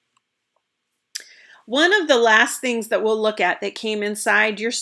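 A roller-ball fitment sitting in the opening of a small glass essential-oil bottle is snapped into place at 1.2 s as the cap is pressed down, seating without jamming. A short, sharp click is followed by a faint rustle, then someone talks.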